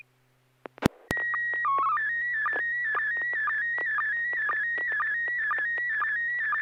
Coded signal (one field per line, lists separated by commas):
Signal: SSTV (slow-scan television)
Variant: PD 120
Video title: N6NA SSTV Net - 12/31/2025